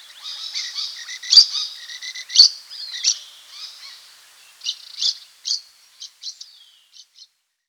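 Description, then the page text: Rufous babbler calls: squeaky chattering notes with a descending slur near the start, loud bursts early, then sparser short chips trailing off into quiet. "Rufous Babbler Calls. Quick Sounds"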